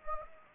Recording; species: mosquito wingbeat signal from an infrared sensor; Anopheles gambiae